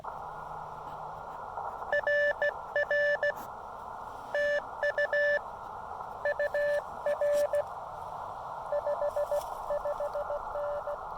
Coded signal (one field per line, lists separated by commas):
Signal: Morse code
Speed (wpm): 17 wpm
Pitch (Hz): 580 Hz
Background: none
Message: RR TU UR 55N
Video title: Solar Flare! QRP SOTA Activation of The Pinnacle with the Chameleon MPAS Lite and Elecraft KX2